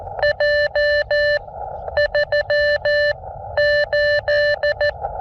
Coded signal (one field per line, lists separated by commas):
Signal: Morse code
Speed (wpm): 14 wpm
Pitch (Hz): 590 Hz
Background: none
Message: J 3 8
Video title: What has N9YO been doing? Elecraft KX2 & AX1 + CW Morse